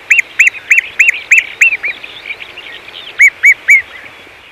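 Great gerbil calls: loud arched whistled squeaks in a quick run of several, a pause with fainter squeaks, then three more sharp squeaks.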